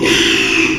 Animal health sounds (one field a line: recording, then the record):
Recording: squeal of a Yucatan mini pig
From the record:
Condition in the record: after surgery on the right vocal fold (resection and tissue-engineered implant)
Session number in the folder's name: 1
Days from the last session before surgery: 6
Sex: male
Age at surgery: 12 weeks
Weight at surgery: 13 kg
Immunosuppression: cyclosporine, prednisolone